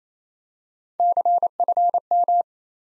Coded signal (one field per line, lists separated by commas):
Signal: Morse code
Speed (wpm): 28 wpm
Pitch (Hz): 700 Hz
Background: none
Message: CFM